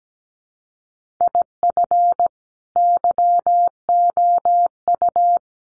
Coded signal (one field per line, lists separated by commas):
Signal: Morse code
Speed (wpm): 17 wpm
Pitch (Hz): 700 Hz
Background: none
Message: IF YOU